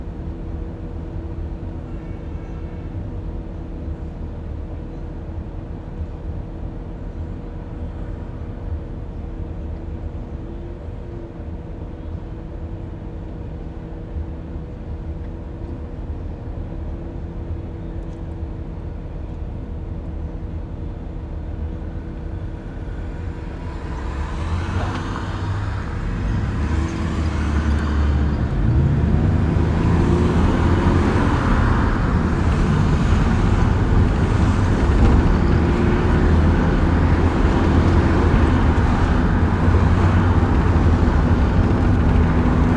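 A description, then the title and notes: A car drive in Phoenix, Arizona: a steady low engine rumble and road hum fill the first twenty-odd seconds. Around 24 seconds the sound swells into a louder, denser rush with bright hissing and sweeping tones, staying loud through the end, like the car wash starting. Afternoon drive and a car wash in Phoenix Arizona. Autumn.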